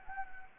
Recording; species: mosquito wingbeat signal from an infrared sensor; Anopheles gambiae